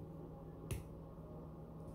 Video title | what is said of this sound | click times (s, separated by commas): #diyideas #jewellery making smaller memory wire blue lady bug/ evil eye earrings | listen for the um snap | 0.7 s